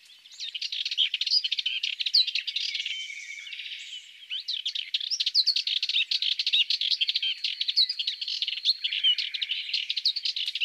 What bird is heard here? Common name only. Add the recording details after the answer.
Sardinian Warbler. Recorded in the wild. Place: St. Laurent des Arbres und Umgebung, FR. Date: 2008-05-13. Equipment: MiniDisc Sharp MT 20 H. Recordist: Schwarz, Dieter